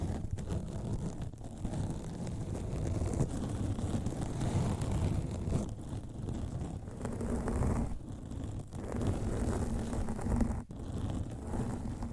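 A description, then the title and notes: Scratching and rubbing on a microphone cover, heard as a dense, continuous rumbling rustle that sits mostly in the low end. The texture churns without a steady rhythm, broken by brief dips and gaps around 1, 6, 8 and 11 seconds. ASMR Mic Scratching Brain Scratching with 50 DIFFERENT MICSCovers & Nails No Talking.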